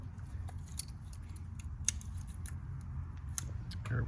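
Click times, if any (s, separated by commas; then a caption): 1.9 s, 3.4 s. While swapping ignition coils between cylinders on a 2011 Nissan Altima to trace a misfire, the plastic wiring harness electrical connector is pushed back onto an ignition coil amid soft handling rattles. Sharp clicks ring out at 1.9 s and 3.4 s as the connector clicks in and is seated.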